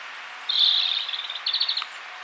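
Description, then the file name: European robin song phrase: a bright, high whistled note, then a rapid stuttering series of thin notes and a brief second burst of sweet trilled notes. "Erithacus rubecula"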